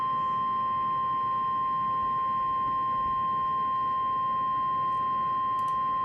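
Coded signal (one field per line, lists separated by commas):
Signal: Emergency Alert System (SAME) tones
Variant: 1050 Hz attention tone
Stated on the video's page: Alerts received from NOAA weather radio station KEC94 during monsoon season.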